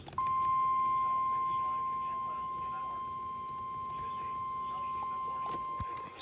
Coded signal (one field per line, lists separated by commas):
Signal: Emergency Alert System (SAME) tones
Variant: 1050 Hz attention tone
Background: speech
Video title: Unexpected.... EAS 40 Severe thunderstorm warning